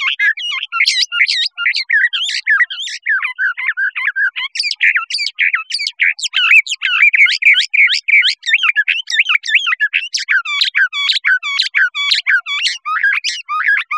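Bird singing a continuous, jumbled stream of sharp chirps, rising and falling whistles and squeaky notes, rapid and unbroken throughout.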